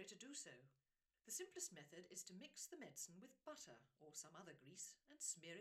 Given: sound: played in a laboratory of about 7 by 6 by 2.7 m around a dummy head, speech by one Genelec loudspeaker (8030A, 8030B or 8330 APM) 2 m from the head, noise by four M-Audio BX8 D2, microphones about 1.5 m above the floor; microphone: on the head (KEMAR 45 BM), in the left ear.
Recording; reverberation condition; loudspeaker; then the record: female speech in English; low; 90 degrees to the left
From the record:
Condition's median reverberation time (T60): about 310 ms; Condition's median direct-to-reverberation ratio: about 3.5 dB